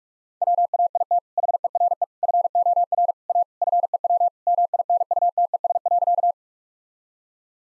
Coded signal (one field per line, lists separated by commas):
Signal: Morse code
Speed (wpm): 46 wpm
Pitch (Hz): 700 Hz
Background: none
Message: WAIT HERE FOR A FEW MINUTES.